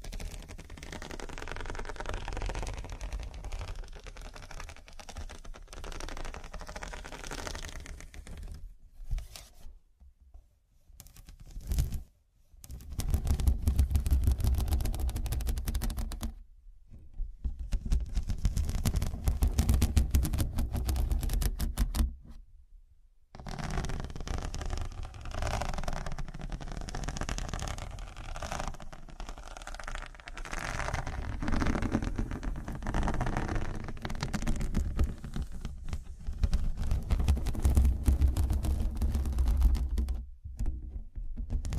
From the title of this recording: Pure Scratching